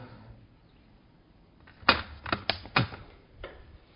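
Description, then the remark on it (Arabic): A blue marker squeaks and scratches across a board in a handful of quick, irregular strokes, each a short bright burst over an otherwise quiet background with no talking. “طيب شوف الأزرق بيكتب.”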